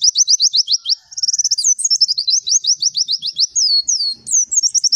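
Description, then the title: White-eye singing: quick high series of falling notes alternating with brief slurred phrases. Kept white-eye singing loudly (gacor) with full rapid bursts (tembakan), used for song-training other caged birds. "Masteran Burung Pleci Gacor Full Tembakan"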